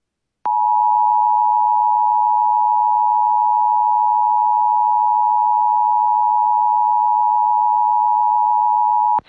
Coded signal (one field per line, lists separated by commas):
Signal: Emergency Alert System (SAME) tones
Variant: 853 and 960 Hz attention tone